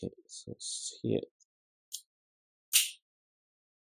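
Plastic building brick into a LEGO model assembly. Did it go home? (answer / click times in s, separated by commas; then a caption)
yes / 2.0 s. Someone talks while pressing a LEGO piece into position on a LEGO Star Wars 75362 Ahsoka Tano's T-6 Jedi Shuttle model. A single sharp click at 1.9 s shows the piece seated, followed by a louder broadband burst near 2.8 s.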